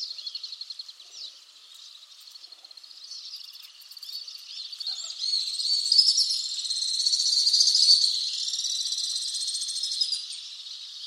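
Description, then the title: Alpine swift giving high, dry trilled calls that grow louder toward the middle and then ease off. "Le chant du martinet à ventre blanc"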